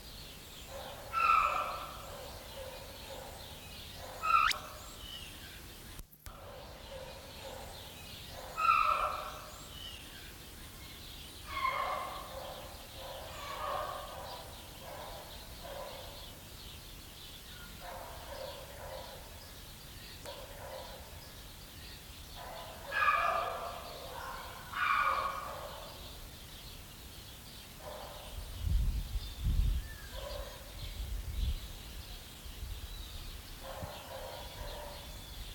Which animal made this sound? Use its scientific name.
Theropithecus gelada